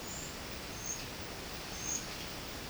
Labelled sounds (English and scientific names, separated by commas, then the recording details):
none
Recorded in dense forest near Puerto Asís, Putumayo, Colombia, on 24 March 2025 at 12:00
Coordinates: 0.500, -76.322
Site GP06